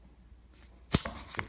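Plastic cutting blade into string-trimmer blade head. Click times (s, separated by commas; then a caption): 0.9 s. A plastic replacement cutting blade is slid into the front of a Warrior Push-N-Load 3 Blade bladed string-trimmer head (aftermarket 14867B) and pushed past the metal post until the small metal lock piece drops and holds it. A sharp snap at 0.9 s marks the blade seating, followed by softer handling clicks around 1.4 s. The blade is locked in place.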